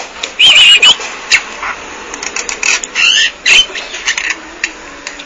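Bali myna calls: a brief wavering squeaky trill near the start, followed by scattered raspy, clicking bursts and a short warbled note.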